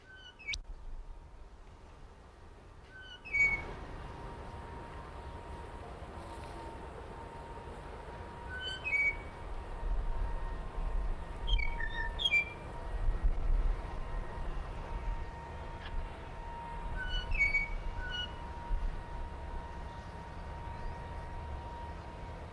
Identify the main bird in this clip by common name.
Golden Myna